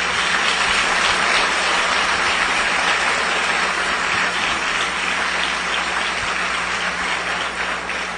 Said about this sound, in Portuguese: Vamos aplaudir o nosso Deus bem forte.